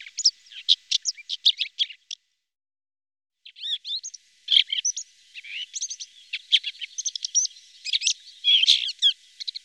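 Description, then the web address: Red-backed shrike song: a scratchy, rambling warble of quick chirps, trills and squeaky notes, broken by a short pause, then continuing fast and varied. "IVN Zangvogels. Grauwe klauwier"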